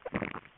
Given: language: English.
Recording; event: throat vibration sensor signal played as sound; swallow